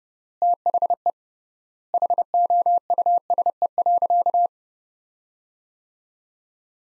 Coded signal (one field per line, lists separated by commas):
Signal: Morse code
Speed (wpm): 32 wpm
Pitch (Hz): 700 Hz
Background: none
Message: THE HOUSE.